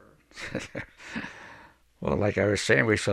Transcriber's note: he laughs